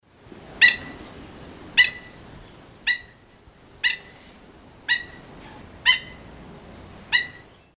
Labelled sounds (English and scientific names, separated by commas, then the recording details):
Black-necked Stilt (Himantopus mexicanus)
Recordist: Tembrock, Günter
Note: Lautfolgen